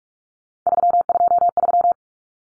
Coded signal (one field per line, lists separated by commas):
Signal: Morse code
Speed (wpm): 44 wpm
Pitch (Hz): 700 Hz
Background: none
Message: 323